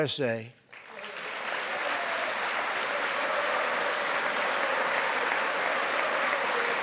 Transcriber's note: applause